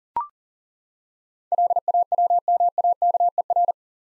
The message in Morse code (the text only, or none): LAWMAKER